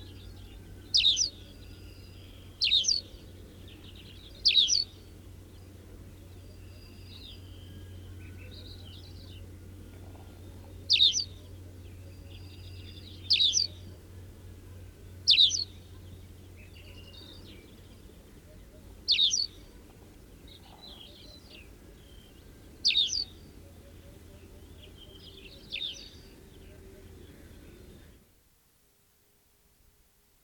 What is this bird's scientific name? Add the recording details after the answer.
Anthus campestris. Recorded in the wild. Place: Adamclisi, Dobrogea, RO. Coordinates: 44.086, 27.956. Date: 1973-05-03. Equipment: Nagra III BH, Sennheiser MD 21, parabola. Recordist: Schubert, Michael